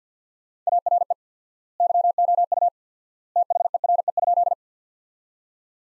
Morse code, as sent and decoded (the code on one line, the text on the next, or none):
.- .-. . / -.-- --- ..- / - .... . .-. . ..--..
ARE YOU THERE?